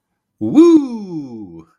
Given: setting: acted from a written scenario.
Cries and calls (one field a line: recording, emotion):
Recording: vocal sound without words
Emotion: triumph